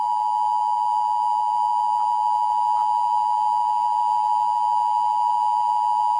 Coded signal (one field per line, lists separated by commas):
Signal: Emergency Alert System (SAME) tones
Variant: 853 and 960 Hz attention tone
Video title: EAS Mock Scenario - Halloween School Shooting